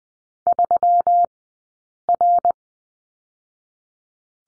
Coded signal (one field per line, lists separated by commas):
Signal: Morse code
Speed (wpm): 20 wpm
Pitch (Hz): 700 Hz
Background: none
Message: 3R